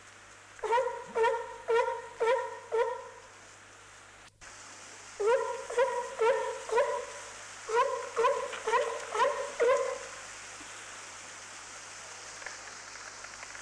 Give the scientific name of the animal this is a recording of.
Zalophus californianus